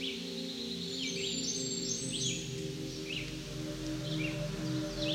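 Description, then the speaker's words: Blackburnian Warbler song, one very high, thin, wiry phrase, with repeated downslurred chirps and a low steady hum underneath. Male; rapid, high-pitched song sounding like 'tisa, tisa, tisa'; species found high in the canopy of mixed forests in parts of eastern North America. "The male's songs are rapid and high-pitched, such as this song that sounds like Tisa, Tisa, Tisa."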